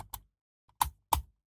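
A round plastic peg at the bottom of the knee of a 1:3 scale model figure is pressed into its socket in the leg assembly and worked around. After a few light taps near the start, sharp clicks sound at 0.8 s and 1.1 s as the peg seats into place.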